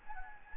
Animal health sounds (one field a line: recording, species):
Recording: mosquito wingbeat signal from an infrared sensor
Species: Anopheles gambiae